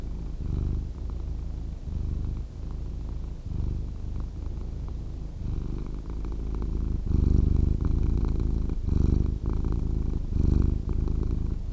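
Cat purring softly at first, growing louder midway, a low vibrating rumble shaped by steady breaths.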